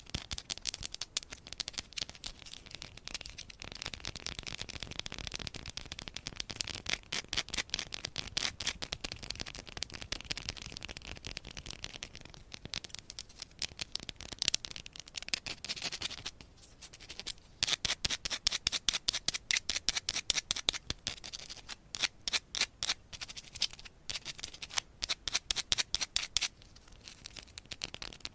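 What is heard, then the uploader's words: Dry scratching and tapping sounds fill the recording, made of dense runs of short crisp clicks and scrapes that reach high and bright. Some stretches are busier, with rapid regular tapping bursts around the middle and later on. ASMR Scratching , Tapping & Massage with DIFFERENT Mics , Items & Nails No Talking.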